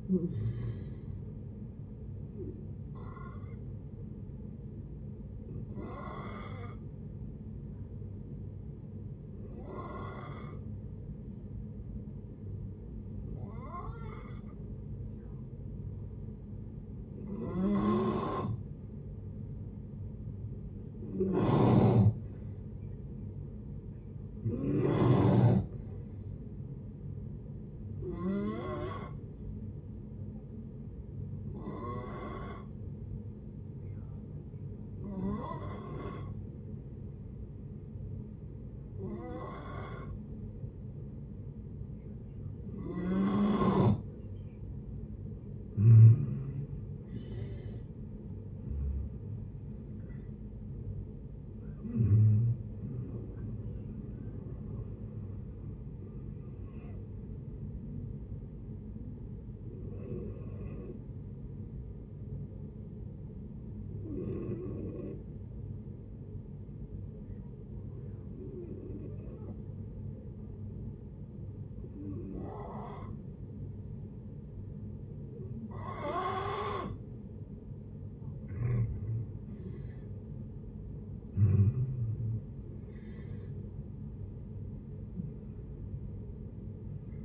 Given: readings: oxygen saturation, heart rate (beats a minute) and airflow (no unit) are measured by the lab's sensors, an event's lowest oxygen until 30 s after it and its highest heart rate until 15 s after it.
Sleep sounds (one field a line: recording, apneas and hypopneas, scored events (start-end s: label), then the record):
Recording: breathing in sleep by a smartphone at the bedside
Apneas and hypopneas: 3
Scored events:
5.00-19.50 s: hypopnea (N1, oxygen 92% highest, then 89% lowest, heart rate 68 at the start, 68 highest)
14.00-44.00 s: new sleep stage, N2 (light sleep)
31.00-46.80 s: hypopnea (N2, oxygen 94% highest, then 89% lowest, heart rate 64 at the start, 79 highest)
44.00-87.25 s: new sleep stage, N1 (lightest sleep)
60.00-77.60 s: hypopnea (N1, oxygen 95% highest, then 85% lowest, heart rate 59 at the start, 78 highest)
From the record:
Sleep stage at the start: N1 (lightest sleep)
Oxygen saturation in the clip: 87 to 95%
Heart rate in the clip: 55 to 79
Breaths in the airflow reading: 23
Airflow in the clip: -15.1 to 14.7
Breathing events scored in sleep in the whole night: 496 in 5.4 hours asleep